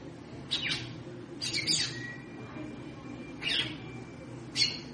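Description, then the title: Red-cowled cardinal calling with four short, sharp downward chips; a faint thin steady tone and low hum run beneath. Female bird, described as 'triculando' and 'batendo fogo', apparently calling to stimulate the male. "Canto Galo Campina Fêmea. Fêmea de GALO DE CAMPINA - TRICULANDO,BATENDO FOGO PRA ESQUENTAR O MACHO??"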